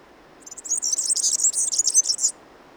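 European serin giving a short burst of song: a hurried, sizzling twitter of high, tinkling notes lasting under two seconds against quiet background hiss.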